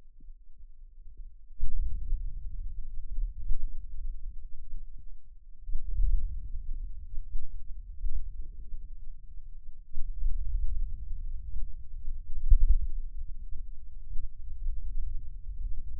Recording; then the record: forearm muscle sounds (acoustic myography)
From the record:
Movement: wrist extension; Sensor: system 2, bracelet of six BSWA MPA416 microphones around the upper forearm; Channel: 1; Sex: male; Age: 22 years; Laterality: right